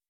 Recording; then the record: hydrophone in a shrimp aquaculture tank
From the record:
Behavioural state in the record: weakened